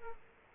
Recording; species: mosquito wingbeat signal from an infrared sensor; Aedes aegypti